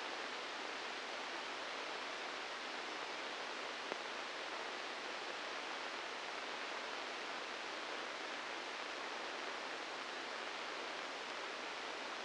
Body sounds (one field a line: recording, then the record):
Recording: brain microelectrode recording played as sound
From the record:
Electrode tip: inside the subthalamic nucleus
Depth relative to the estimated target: 3 mm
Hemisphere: left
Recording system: NeuroSet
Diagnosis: Parkinson's disease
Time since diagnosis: 10 years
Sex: male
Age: 63 years